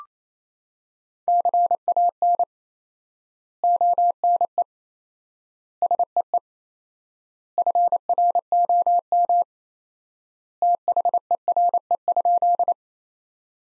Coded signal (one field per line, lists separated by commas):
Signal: Morse code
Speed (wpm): 28 wpm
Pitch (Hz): 700 Hz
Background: none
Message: CAN ONE SEE FROM THERE?